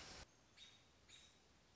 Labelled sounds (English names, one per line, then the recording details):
American Robin
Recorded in Sonoma County, California